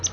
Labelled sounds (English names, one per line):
Palm Warbler flight call